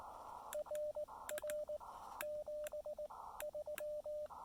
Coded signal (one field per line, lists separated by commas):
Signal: Morse code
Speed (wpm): 19 wpm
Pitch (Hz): 600 Hz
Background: radio noise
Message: RR 73